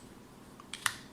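A refilled vape pod is pushed back into the slide-in pod slot of a zinc-alloy vape body. Against quiet background, two sharp, short clicks sound at 0.7 s and 0.9 s, the second louder, and the pod is seated in the device body.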